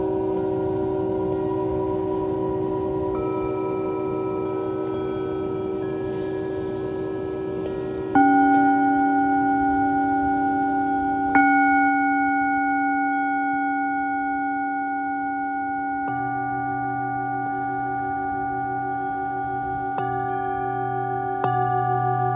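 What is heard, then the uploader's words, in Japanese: Singing bowls ring in long, steady sustained tones, with a new bowl struck around 8, 11, 16 and 22 seconds, each strike adding a fresh bright ring over the fading earlier ones. A soft, even hiss runs underneath, like waves washing on the beach. メキシコから シンギングボウルのサウンドヒーリング。メキシコ時間８／25(木)の夜 ビーチでのサウンドヒーリングのライブ収録です。波音とシンギングボウルの音。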